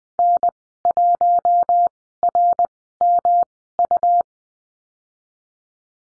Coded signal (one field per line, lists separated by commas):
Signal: Morse code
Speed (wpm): 20 wpm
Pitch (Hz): 700 Hz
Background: none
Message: N1RMU